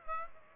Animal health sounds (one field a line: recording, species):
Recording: mosquito wingbeat signal from an infrared sensor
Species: Aedes aegypti